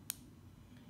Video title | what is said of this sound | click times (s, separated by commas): B 2 Nano Blade Demonstration | it opens if fully locks into place with this lever and it snaps right in ensuring | 0.1 s